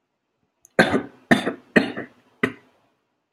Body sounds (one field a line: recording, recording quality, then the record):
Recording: shallow voluntary cough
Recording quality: excellent, no background noise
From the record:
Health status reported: healthy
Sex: male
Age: 34 years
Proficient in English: yes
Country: India